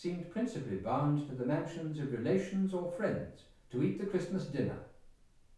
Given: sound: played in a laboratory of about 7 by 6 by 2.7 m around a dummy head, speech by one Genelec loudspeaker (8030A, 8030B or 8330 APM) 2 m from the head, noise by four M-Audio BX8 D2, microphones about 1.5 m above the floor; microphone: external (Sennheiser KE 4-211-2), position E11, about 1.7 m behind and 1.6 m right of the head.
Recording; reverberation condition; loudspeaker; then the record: male speech in English; medium; 120 degrees to the left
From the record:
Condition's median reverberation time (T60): about 510 ms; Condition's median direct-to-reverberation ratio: about -0.5 dB